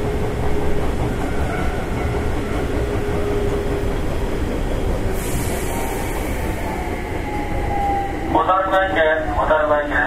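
Riding an express train on the Takarazuka Line: a steady, dense low rumble of the running train fills the whole ten seconds, with faint humming whines above it. A hiss rises around five seconds, and near the end a voice-like tonal sound comes in.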